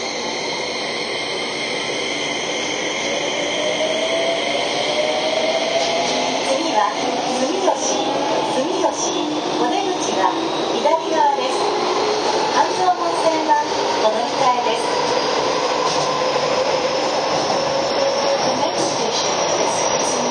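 A Keio 5000 series train runs between stations, its steady motor whine rising in pitch, with clattering wheel thumps and faint voices throughout.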